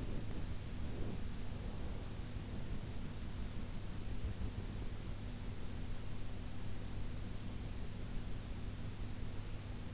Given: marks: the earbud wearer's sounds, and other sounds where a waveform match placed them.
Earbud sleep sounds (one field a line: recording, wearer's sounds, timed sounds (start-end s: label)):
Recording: sounds in sleep by an in-ear microphone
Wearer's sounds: breath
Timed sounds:
0.00-1.99 s: breath